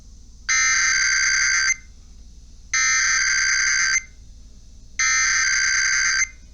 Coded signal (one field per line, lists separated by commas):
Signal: Emergency Alert System (SAME) tones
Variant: header bursts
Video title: Another Round of IPAWS Tests (EAS #619-628) 8/19/24